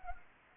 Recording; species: mosquito wingbeat signal from an infrared sensor; Anopheles arabiensis